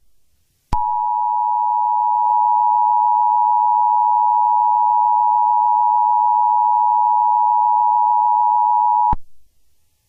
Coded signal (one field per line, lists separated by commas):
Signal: Emergency Alert System (SAME) tones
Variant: 853 and 960 Hz attention tone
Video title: EAS Scenario - Covid.